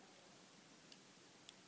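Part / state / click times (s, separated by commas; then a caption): micro SD card into action camera card slot / not seated / none. A 32 GB micro SD card is handled at the spring-loaded micro SD slot of a GoPro Hero 3 Black edition action camera. Two faint, light ticks come through a steady background hiss. The card has not yet latched, and nothing has seated or clicked yet.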